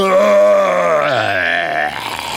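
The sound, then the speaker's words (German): A Tyrannosaurus roars: one loud, sustained, throaty bellow lasting over two seconds, its pitch sliding lower midway before it rasps off into a rougher, fading growl. “Er geht einen Schritt auf Mathilda zu und brüllt fürchterlich.”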